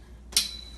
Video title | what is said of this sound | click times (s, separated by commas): Z rack assembly | hear that little snap snaps | 0.4 s